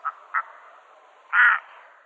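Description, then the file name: Red-throated loon giving two short nasal notes, then a longer harsh, croaking call near the end. "Gavia stellata"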